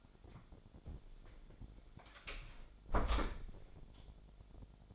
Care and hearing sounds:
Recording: daily activity, microphone in the room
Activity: close door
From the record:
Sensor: 5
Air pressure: 1007.2 hPa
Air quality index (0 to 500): 171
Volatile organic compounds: 4 ppm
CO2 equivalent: 1636 ppm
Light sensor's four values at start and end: 56/158/61/62 and 56/158/61/62

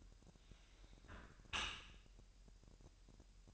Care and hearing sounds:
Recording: daily activity, microphone in the room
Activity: close dishwasher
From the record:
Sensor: 2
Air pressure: 1000.4 hPa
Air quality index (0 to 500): 246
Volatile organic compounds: 91 ppm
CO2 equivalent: 3694 ppm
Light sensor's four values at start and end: 9/21/8/8 and 9/21/8/8

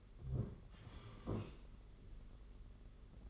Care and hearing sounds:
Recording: daily activity, microphone in the room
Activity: sit down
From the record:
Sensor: 4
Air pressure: 992.4 hPa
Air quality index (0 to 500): 121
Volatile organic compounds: 31 ppm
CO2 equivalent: 2979 ppm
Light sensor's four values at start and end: 20/72/26/28 and 20/72/26/28

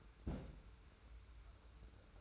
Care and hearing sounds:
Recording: daily activity, microphone in the room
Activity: place on stove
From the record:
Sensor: 2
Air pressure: 991.0 hPa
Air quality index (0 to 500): 111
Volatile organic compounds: 52 ppm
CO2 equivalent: 3321 ppm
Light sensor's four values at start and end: 34/102/40/38 and 34/102/40/38

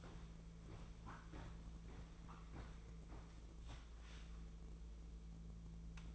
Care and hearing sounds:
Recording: daily activity, microphone in the room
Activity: walk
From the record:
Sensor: 1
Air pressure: 1005.5 hPa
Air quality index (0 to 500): 127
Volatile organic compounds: 5 ppm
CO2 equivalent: 1782 ppm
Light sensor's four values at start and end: 11/26/11/11 and 11/27/11/12

